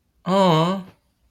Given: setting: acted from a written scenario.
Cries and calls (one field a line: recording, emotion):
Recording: vocal sound without words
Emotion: adoration